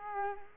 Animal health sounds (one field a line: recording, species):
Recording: mosquito wingbeat signal from an infrared sensor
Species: Culex quinquefasciatus